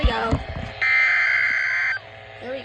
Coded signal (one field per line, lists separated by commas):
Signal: Emergency Alert System (SAME) tones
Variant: header bursts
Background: speech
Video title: SVR #12 (EAS #22)